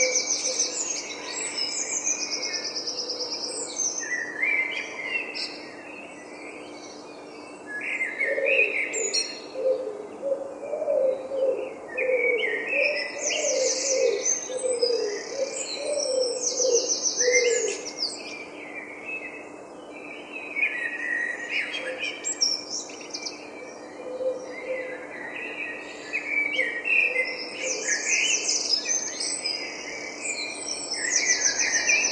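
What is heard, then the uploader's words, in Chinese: A dense dawn chorus of chirping, trilling birds sings continuously, with a lower warbling run midway and a faint steady hum underneath. 在繁华的伦敦市中心。迷人的鸟语黎明合唱。当阳光以粉红和金色轻柔地涂绘天空时，各种各样的羽毛生物借出声音，创造出一个迷人的旋律。伦敦黎明合唱。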